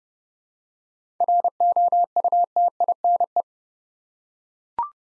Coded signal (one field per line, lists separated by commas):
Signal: Morse code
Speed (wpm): 30 wpm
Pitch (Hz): 700 Hz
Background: none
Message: ROUTINE